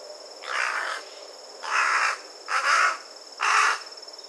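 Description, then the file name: Carrion crow cawing roughly: four raspy, drawn-out caws at irregular intervals of about a second, with a constant high hiss behind. "Corvus corone"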